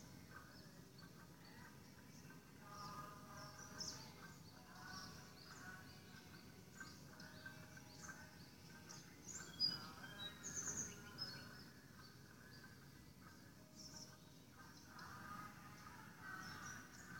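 Dawn sounds from a window: a steady low rumble runs underneath while scattered bird chirps and calls come through the whole time. The calls grow busier and louder around the middle, with a few sharp, high notes near ten seconds.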